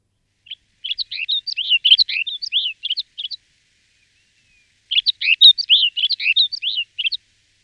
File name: sněhule-severní